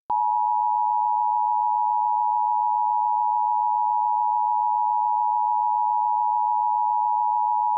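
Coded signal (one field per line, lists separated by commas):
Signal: Emergency Alert System (SAME) tones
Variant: 853 and 960 Hz attention tone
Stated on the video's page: Fictional alternate-history EAS scenario, not a real alert.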